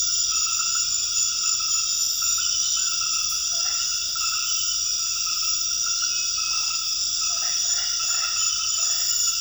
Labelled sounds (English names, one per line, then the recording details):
none
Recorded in dense forest near Puerto Asís, Putumayo, Colombia, on 8 March 2025 at 21:30
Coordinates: 0.484, -76.325
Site G045